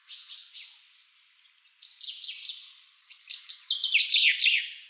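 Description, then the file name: Common chaffinch song: a rapid series of descending notes ending in a bright flourish, after softer, thinner notes. 23 February 2003, 10:46. "Vink Kroondomein 23 februari 2003 10 uur 46"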